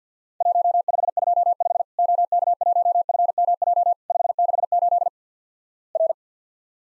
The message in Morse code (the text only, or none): 1525 OK1FMJ 568 R